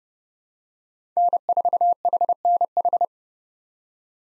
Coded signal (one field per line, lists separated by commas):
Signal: Morse code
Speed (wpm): 31 wpm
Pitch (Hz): 700 Hz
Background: none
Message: N4HNH